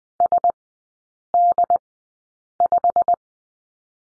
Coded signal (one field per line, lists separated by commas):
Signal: Morse code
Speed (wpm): 20 wpm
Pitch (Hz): 700 Hz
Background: none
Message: SD5